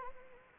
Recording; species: mosquito wingbeat signal from an infrared sensor; Anopheles gambiae